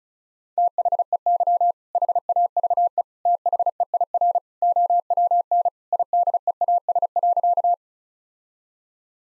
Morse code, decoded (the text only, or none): THEY HAVE THEIR OWN IDEAS.